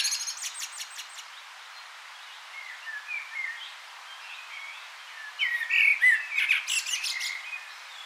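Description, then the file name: Common blackbird song: high rattling twitters at the start, quiet mellow warbles in the middle, then a louder fluted phrase with squeaky trills near the end. "Turdus merula"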